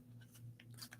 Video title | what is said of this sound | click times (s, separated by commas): Livestream Guitar Q & A #10 with Jonathan Kehew | what do you call that cute little clicky let me see if I can take this apart here | 0.6 s, 0.9 s